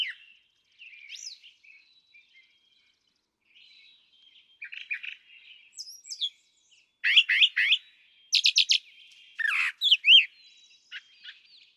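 Brown Thrasher song: varied phrases of sharp chirps and slurred notes, some phrases doubled, quieter at first then louder bursts toward the end, with pauses between.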